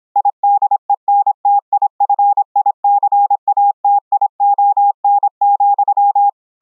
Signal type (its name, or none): Morse code